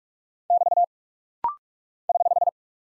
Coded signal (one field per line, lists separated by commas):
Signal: Morse code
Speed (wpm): 44 wpm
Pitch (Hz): 700 Hz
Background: none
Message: <BT> <HH>